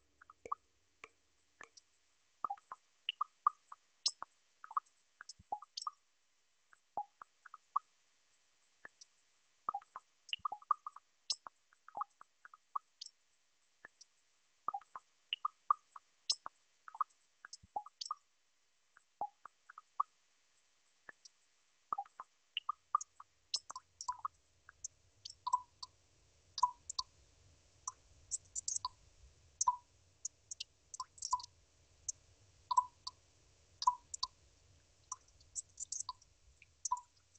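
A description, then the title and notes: Water drops fall in quick, irregular clusters of small, bright plops with crisp high ticks and silent gaps between them. From about 24 seconds a low, soft rumble sits underneath, and the drips settle into a steadier, evenly spaced, clear rhythm. Water Drops.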